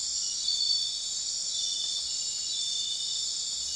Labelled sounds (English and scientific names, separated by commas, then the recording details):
none
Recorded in dense forest near Puerto Asís, Putumayo, Colombia, on 4 March 2025 at 03:00
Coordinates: 0.500, -76.322
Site GP06